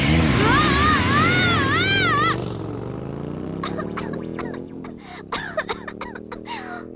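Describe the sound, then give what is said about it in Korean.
A turbo engine in a scene from the Korean dub of Pokémon season 1 revs up loudly with a rising, whining pitch, then roars away as the tone climbs steadily, broken by short sputtering bursts near the end. “쌩쌩 달릴 거다. 터보 엔진!”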